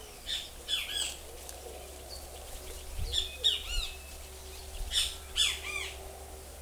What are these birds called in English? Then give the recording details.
Great Kiskadee. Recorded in forest near Pivijay, Magdalena, Colombia, on 6 June 2023 at 14:00. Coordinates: 10.467, -74.380. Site Z5-G034